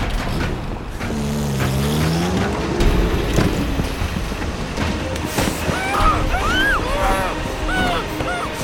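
A van engine roars and accelerates as the van speeds away, its low rumble rising in pitch amid rattling mechanical noise, with brief high whining tones and a few sharp clatters toward the end.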